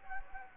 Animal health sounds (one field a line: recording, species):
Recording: mosquito wingbeat signal from an infrared sensor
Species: Anopheles gambiae